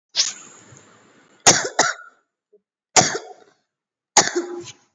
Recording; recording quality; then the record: heavy voluntary cough; excellent, no background noise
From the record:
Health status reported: COVID-19 positive, moderate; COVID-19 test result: positive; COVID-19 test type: RT-PCR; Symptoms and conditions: cough, cold, breathing difficulty, fever, fatigue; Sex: female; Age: 57 years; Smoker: no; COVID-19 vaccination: one dose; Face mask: not worn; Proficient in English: yes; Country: India